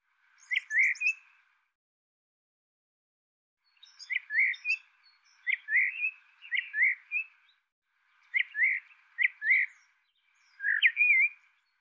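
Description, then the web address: Bird repeating short slurred two-note phrases in quick succession after a high thin trill at the start, the phrases grouped with small gaps. "cianscape birddata Deverinetal 2025 File cleaned normalized Bird Tu Me Tu Me"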